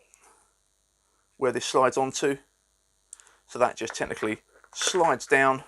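A metal night vision mount is slid down onto helmet rails while someone talks, with a few faint, brief ticks of handling near 0.1 s and 3.1–3.3 s. The mount has not locked in place yet; nothing has seated or clicked.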